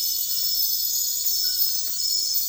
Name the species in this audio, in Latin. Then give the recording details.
none. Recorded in dense forest near Puerto Asís, Putumayo, Colombia, on 18 February 2024 at 03:00. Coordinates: 0.496, -76.326. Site G6383